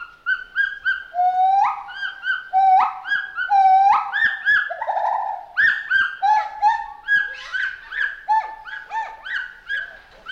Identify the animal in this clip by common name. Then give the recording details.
Pileated Gibbon. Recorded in captivity. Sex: pair. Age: adult. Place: Zoo Berlin, Berlin, DE. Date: 1988-07-23 10:12. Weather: sonnig, 21-30°C. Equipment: 19 cm Stereo. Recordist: Tembrock, Günter. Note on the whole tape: Paar-Rufen